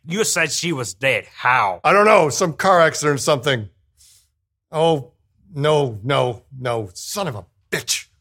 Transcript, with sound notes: You said she was dead. How?
I don’t know. Some car accident or something. [LONG PAUSE] Oh, no. No. No! Son of a bitch!